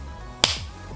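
The plastic back part of a Febreze Linen & Sky car vent air freshener, its activation slider, is pushed up into its housing and clicks into place at 0.4 s, activating the scent. A single sharp, bright click rises out of quiet background hum and fades over the next few tenths of a second. The activator is seated.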